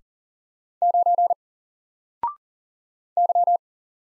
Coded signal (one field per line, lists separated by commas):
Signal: Morse code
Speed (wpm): 40 wpm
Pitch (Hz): 700 Hz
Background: none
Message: 9 Y